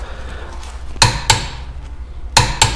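A torque wrench is tightened on a C8 Corvette wheel lug nut that had not clicked before, over a low steady background hum. It gives two pairs of loud, sharp metallic clicks at 1.0 s and 1.3 s, then at 2.4 s and 2.6 s. The lug nut is confirmed torqued.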